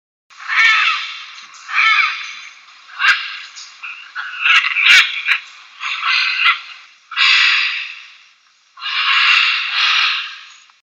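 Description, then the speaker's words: Scarlet macaws squawking: a series of loud, harsh, raspy screeches in bursts, with brief gaps between them. Played back as a recorded example. "They're scarlet macaws. Once again, here's the sound of scarlet macaws."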